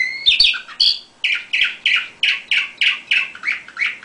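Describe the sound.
Canary song: a couple of bright whistles then a rhythmic trill of downward-sweeping chirps repeated about three times per second.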